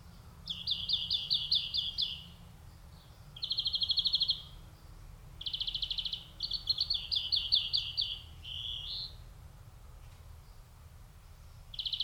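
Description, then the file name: European greenfinch singing fast, high ringing trills in short bursts separated by pauses, over a low steady rumble. "Chloris chloris"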